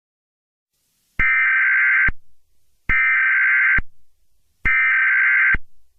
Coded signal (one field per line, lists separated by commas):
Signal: Emergency Alert System (SAME) tones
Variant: header bursts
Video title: EAS scenario The Devil’s Bleeding Wrath (Kinda Clean)